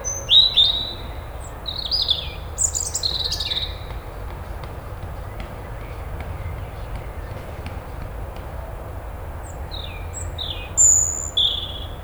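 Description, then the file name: European robin song: rapid high, liquid phrases at the start, a long quiet gap, then another brief run of thin sliding notes near the end. "Erithacus rubecula"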